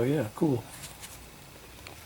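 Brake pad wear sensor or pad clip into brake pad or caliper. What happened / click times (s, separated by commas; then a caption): The part is being handled and has not yet seated / none. During a front brake pad and bleed job on a BMW X5, a small part, either the brake pad wear sensor or a pad clip, is handled at the brake pad or caliper. Someone talks briefly at the start, followed by quiet handling noise and a faint short tick near 1.9 s. Nothing has seated or clicked into place yet.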